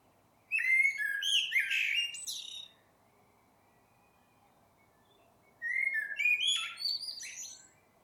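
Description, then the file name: Common blackbird with two longer song phrases, each a run of low fluty warbles interwoven with thin, high squeaky notes, about five seconds apart. "Turdus merula"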